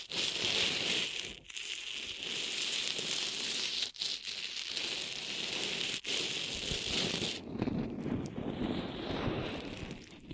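Ear massage triggers: dense, bright crackling and rustling rubs continue with brief pauses near 1.5, 4 and 6 seconds, then turn softer and lower.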